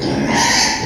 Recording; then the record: squeal of a Yucatan mini pig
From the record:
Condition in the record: before surgery on the right vocal fold (resection and tissue-engineered implant); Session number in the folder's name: 2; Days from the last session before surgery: 0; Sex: male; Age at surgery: 12 weeks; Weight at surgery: 13 kg